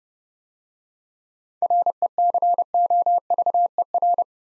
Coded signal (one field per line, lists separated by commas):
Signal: Morse code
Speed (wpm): 30 wpm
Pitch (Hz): 700 Hz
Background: none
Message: RECOVER